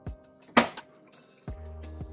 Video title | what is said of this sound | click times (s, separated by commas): 🖨️ Unboxing And Setting Up A New HP Smart Tank 7602 Printer! (Step by step tutorial) | And then you can hear it click in. | 0.6 s